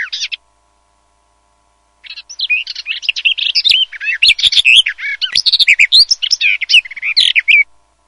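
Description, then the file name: Garden warbler song: a short opening note, a pause, then an extended, hurried warble of varied notes. "BECCAFICO"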